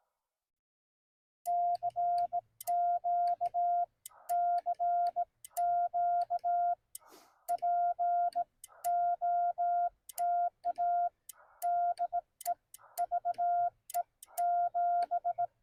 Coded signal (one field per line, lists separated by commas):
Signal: Morse code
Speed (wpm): 18 wpm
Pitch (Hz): 700 Hz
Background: none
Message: CQ CQ POTA DE VE7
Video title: Parks on the Air CW: A Newbie's Live Parks Activation with CW Subtitles for learning